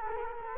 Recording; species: mosquito wingbeat signal from an infrared sensor; Culex quinquefasciatus